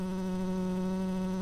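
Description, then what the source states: Tree bumblebee buzzing, a steady low hum with stacked harmonics holding an even pitch throughout. Workers.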